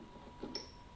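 Someone presses the small tab on a push-pull type wiring plug in a motorcycle fairing harness while installing Kuryakyn Tracer LED fairing lower grills on a Harley-Davidson. A single short tick is heard at 0.6 s over a faint steady tone, and the plug tab releases so the plug can be pulled off.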